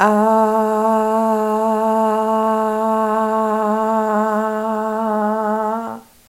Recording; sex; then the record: sustained vowel /a/; female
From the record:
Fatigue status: no fatigue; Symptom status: asymptomatic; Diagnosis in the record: COVID-19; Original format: m4a